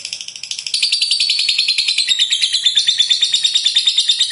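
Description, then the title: Lovebird rattling trill, fast and continuous, a steady stream of sharp, high, squeaky pulses that builds in loudness and keeps going throughout. "Suara Lovebird Ini"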